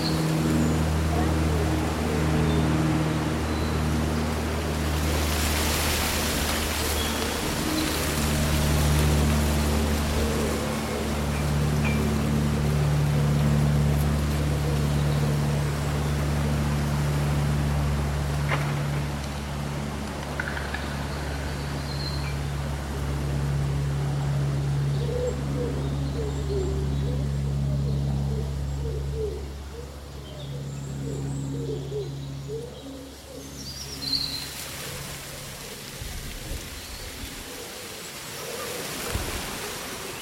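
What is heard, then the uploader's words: A breezy summer day with rustling leaves, though a steady low engine-like drone runs underneath for most of the clip before dropping away near 34 seconds. Gusts of rustling swell around 6 seconds and again near the end, with only scattered faint chirps. Breezy Summer Day Rustling Leaves and Birdsong.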